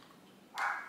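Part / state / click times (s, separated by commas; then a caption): juicer cutting disc onto motor base drive / not seated / none. A Breville juicer's cutting blade disc is being pressed by hand onto the motor base drive. Faint low background noise gives way at about 0.55 s to a brighter, sustained scraping sound centered around 1–2 kHz that slowly fades toward the end. Nothing has seated or clicked yet.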